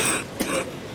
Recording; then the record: coughing mixed with background sound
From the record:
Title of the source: 31 night wet cough